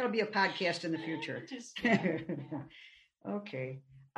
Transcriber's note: laughter